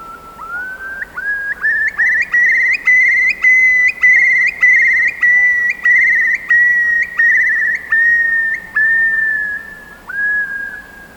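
Eurasian curlew calling with a rising whistle that runs into a long series of repeated whistled notes, then tails off slightly lower near the close.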